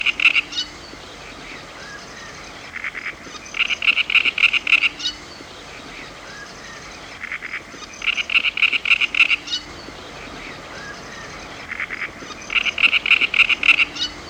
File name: Grote karekiet - Sound Cloud - Beeld en Geluid